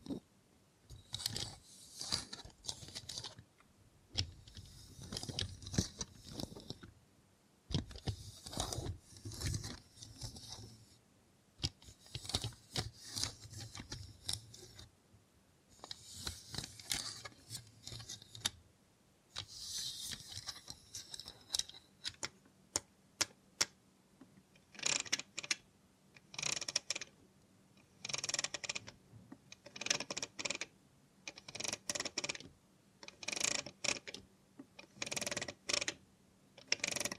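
Robot hand ASMR: bursts of bright, hissy mechanical whirring and clicking, then a steady low hum under quick, regular bursts after twenty seconds.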